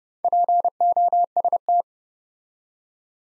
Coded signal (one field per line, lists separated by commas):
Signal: Morse code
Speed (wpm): 29 wpm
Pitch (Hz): 700 Hz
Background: none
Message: POST